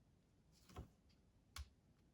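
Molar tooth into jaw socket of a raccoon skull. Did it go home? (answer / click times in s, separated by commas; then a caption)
yes / 1.6 s. A cleaned molar tooth is pressed into its jaw socket in a raccoon skull during articulation. Softer scraping taps come around 0.7–0.8 s, then a single sharp, bright click at 1.6 s as the tooth seats in place.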